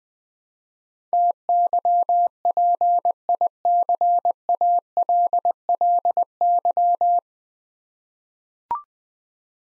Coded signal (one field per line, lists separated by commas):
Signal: Morse code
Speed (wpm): 21 wpm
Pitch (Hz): 700 Hz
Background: none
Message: TYPICALLY